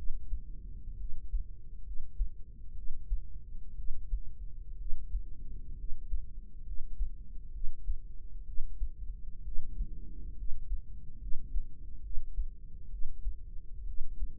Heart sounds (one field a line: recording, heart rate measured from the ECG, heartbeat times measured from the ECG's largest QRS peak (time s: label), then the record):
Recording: heart sounds by microphone in the right ear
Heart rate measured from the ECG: 65 bpm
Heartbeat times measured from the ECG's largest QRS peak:
0.96 s: heartbeat
1.82 s: heartbeat
2.73 s: heartbeat
3.74 s: heartbeat
4.76 s: heartbeat
5.75 s: heartbeat
6.62 s: heartbeat
7.50 s: heartbeat
8.43 s: heartbeat
9.42 s: heartbeat
10.34 s: heartbeat
11.18 s: heartbeat
12.00 s: heartbeat
12.88 s: heartbeat
13.84 s: heartbeat
From the record:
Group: healthy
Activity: rest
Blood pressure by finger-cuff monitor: 96/67 mmHg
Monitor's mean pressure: 78 mmHg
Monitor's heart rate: 65 bpm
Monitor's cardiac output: 5 L/min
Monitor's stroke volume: 79 mL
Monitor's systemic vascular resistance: 1120 dyn s/cm5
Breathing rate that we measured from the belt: 13 breaths a minute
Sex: female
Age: 23 years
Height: 160 cm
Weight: 50.4 kg